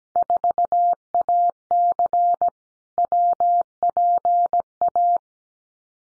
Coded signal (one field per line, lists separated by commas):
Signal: Morse code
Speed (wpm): 17 wpm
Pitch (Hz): 700 Hz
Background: none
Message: 4AC WPA